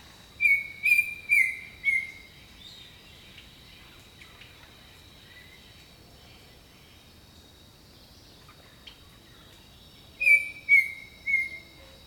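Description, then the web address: Bird song: a quick run of four whistled notes, a long quiet stretch with a high steady hum, then three more whistles. Jungle birdsong. "Echoes of Nature - Jungle Talk 01 Jungle Birdsong"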